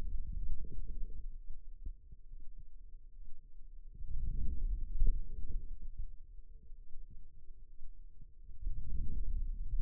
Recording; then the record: forearm muscle sounds (acoustic myography)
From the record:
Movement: outward rotation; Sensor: system 2, bracelet of six BSWA MPA416 microphones around the upper forearm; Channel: 6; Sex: male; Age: 22 years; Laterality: right